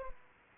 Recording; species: mosquito wingbeat signal from an infrared sensor; Aedes aegypti